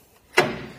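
A Kuat Sherpa 2.0 platform bike rack for 2 bikes, on the hitch mount of a 2022 GMC Sierra 1500, is tilted from its lowered position back up. At 0.4 s its metal tilt latch locks into place with one loud, sharp click-hit. A short ringing tail fades over the next half second.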